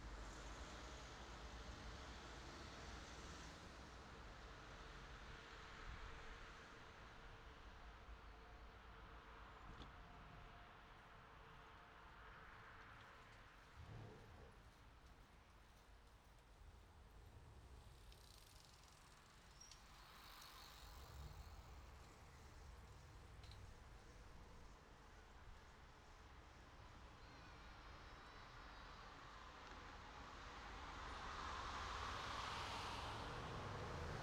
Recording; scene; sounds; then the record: everyday scene through a hearing-aid microphone; in traffic; traffic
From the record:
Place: city secondary road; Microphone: in the ear canal, right